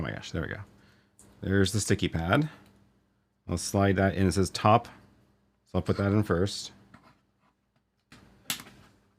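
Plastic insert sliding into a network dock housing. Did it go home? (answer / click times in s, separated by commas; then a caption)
yes / 8.5 s. Someone talks while a plastic insert marked "top" is slid into a network dock housing and pushed home. A sharp snap at 8.5 s shows the piece seating in place.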